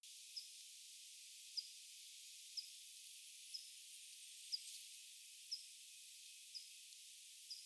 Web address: paivat 25 7 2026 onko sama kirvislaji kuin mika oli eilen